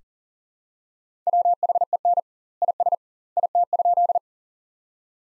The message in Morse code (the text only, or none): WHEN IS IT?